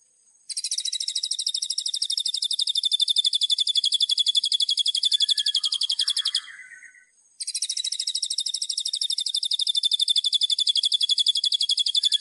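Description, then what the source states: Streaked spiderhunter song: a long, steady train of rapid sharp high chips, pausing briefly near the middle before the series resumes. Tutoring recording for training songbirds; song described as vigorous, clear and long.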